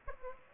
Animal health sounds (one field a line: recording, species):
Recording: mosquito wingbeat signal from an infrared sensor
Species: Aedes aegypti